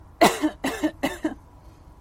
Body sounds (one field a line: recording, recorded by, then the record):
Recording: voluntary cough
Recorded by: messaging app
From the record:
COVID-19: negative